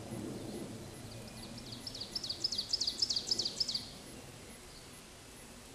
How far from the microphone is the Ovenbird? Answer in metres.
about 40 m